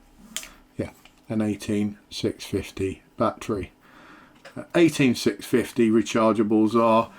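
After the clip is unlocked, the release button is pressed and the spring-loaded battery compartment of a Wuben X4 flashlight springs out with a sharp click at 0.4 s. Someone talks over the rest of the clip. The compartment is released.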